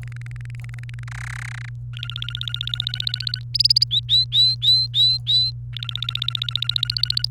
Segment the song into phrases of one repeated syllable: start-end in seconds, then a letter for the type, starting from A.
0.03-1.04 A, 1.07-1.69 B, 1.93-3.42 C, 3.54-3.84 D, 3.91-5.51 E, 5.73-7.25 C